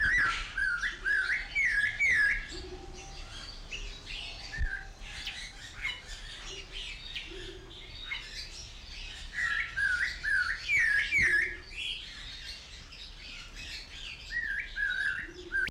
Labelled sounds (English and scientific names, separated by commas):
Snowy-crowned Robin-Chat (Cossypha niveicapilla)